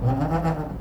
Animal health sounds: contact call of a hoofed animal; goat; low-frequency (closed-mouth) or high-frequency (open-mouth) call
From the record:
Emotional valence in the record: positive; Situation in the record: food anticipation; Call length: 0.81 s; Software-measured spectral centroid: 1430 Hz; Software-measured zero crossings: 800 a second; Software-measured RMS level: -24 dBFS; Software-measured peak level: -11 dBFS

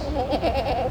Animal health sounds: contact call of a hoofed animal; goat; low-frequency (closed-mouth) or high-frequency (open-mouth) call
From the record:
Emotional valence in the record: negative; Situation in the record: short social isolation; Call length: 0.91 s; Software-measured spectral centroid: 1810 Hz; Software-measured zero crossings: 1350 a second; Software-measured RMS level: -24 dBFS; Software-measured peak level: -11 dBFS

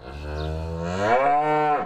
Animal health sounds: contact call of a hoofed animal; cattle; low-frequency (closed-mouth) or high-frequency (open-mouth) call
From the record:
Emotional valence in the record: negative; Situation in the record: full separation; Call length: 1.86 s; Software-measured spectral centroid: 1320 Hz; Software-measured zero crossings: 1340 a second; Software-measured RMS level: -23 dBFS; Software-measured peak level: -9 dBFS

